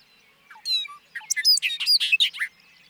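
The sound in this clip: Bobolink song, opening with a few separate clear notes, then breaking into a quick, bubbly tumble of high metallic phrases for about a second and a half.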